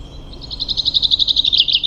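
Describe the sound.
Common chaffinch song: a fast rattling series of high, evenly spaced notes that swells after a quiet start.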